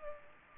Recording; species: mosquito wingbeat signal from an infrared sensor; Culex pipiens